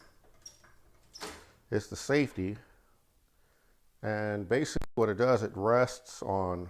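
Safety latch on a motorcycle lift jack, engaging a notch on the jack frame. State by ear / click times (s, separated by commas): seated / 0.5 s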